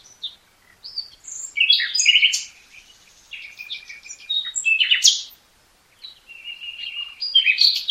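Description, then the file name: Common nightingale singing, quick sequences of sharp notes and buzzy trills, a long steady whistled note late on, then renewed chattering. "Luscinia megarhynchos"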